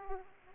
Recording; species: mosquito wingbeat signal from an infrared sensor; Aedes aegypti